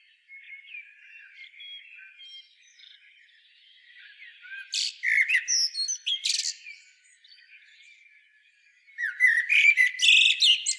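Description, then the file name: Common blackbird, faint scratchy warbling at first, then loud bursts of squeaky, rapid twittering notes around five seconds and again at the close. "Turdus merula"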